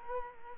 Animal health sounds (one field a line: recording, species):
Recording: mosquito wingbeat signal from an infrared sensor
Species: Culex quinquefasciatus